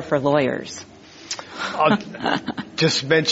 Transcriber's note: laughter